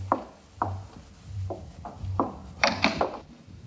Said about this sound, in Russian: Женщина впускает в квартиру Фросю, закрывает дверь.